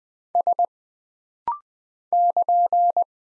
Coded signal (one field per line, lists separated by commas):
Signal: Morse code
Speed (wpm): 20 wpm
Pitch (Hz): 700 Hz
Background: none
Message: S <KN>